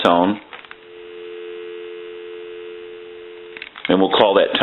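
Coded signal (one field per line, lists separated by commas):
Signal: telephone call progress tone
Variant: North America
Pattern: dial tone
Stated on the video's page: Heard on an AE three-slot payphone during initial checkout and repair.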